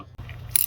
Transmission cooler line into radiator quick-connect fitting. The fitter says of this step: You want to hear that.